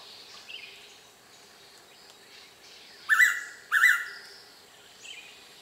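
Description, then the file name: Blue-winged pitta delivering one loud double whistle in the second half, with sparse high-pitched calls from other birds around it. "p moluccensis"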